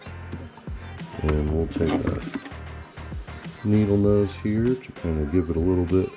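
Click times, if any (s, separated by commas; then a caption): none. Someone talks over background music while handling the end of an RGB LED strip in a waterproof clip-on connector with needle-nose pliers, with a couple of brief handling knocks. The connector has not yet clicked shut, and the strip has not seated.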